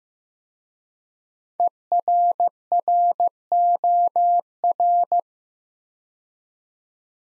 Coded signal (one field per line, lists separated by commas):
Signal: Morse code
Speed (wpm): 15 wpm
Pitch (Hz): 700 Hz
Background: none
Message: ERROR